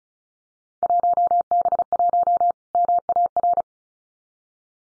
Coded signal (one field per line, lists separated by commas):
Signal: Morse code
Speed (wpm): 36 wpm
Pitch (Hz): 700 Hz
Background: none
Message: 1B1 MAR